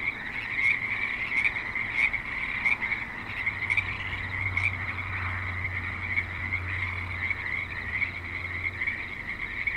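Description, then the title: Frogs calling in a dense chorus, a continuous trilling mass with sharper notes standing out at intervals, while a low vehicle rumble passes beneath. Frogs at a creek in suburban Spanish Springs, Nevada, with light traffic and other suburban sounds. "Frogs in Spanish Springs, NV - creek view"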